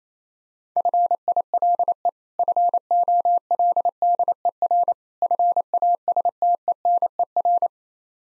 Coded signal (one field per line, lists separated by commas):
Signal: Morse code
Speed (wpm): 28 wpm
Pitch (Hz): 700 Hz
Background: none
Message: FILE FOLDER FASTENER